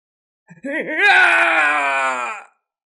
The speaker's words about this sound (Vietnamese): Xa xa truyền đến tiếng kêu gào thảm thiết, con ngư lông ngạc kia dài đến 200 trượng, ở trong đầm lầy xuất quỷ nhập thần, chém liên tiếp mấy chục cao thủ